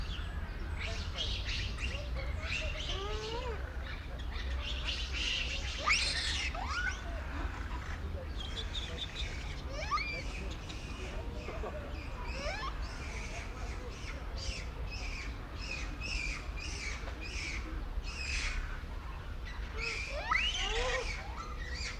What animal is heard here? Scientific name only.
Macaca fuscata